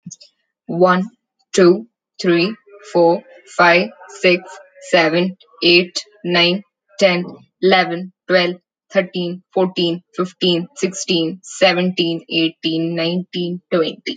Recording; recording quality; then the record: counting at a normal pace; moderate, slight background noise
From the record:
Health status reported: healthy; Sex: female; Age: 23 years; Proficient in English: yes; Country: India